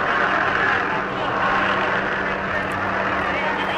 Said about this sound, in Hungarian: Ez a demonstrációból készült felvétel, itt lehet hallani egy kicsit a helikoptereket, amelyek ugye végig kísérték mind a felvonulók menetét és az ellendemonstrációkat, és próbálták gondolom felülről irányítani a dolgokat.